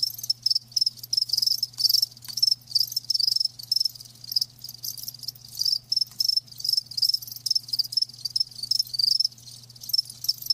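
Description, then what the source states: Cricket chirping, rapid high trilled bursts repeated continuously over a soft low hum. Live crickets chirping; a lulling song.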